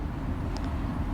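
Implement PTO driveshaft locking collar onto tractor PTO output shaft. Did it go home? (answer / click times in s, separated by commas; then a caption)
yes / 0.6 s. A three-point implement's PTO driveshaft is slid onto the tractor's PTO stub shaft with the locking collar held back, then the collar is released so its ball bearings snap into the groove. Over a steady low rumble, a single short, sharp click sounds at 0.6 s as the collar seats and locks onto the shaft.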